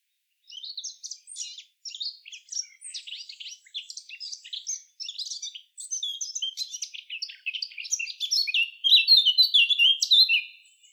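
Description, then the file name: Eurasian blackcap song, a rapid scratchy babbling warble with brief pauses, swelling toward a loud, clear whistled flourish at the end. "Sylvia atricapilla"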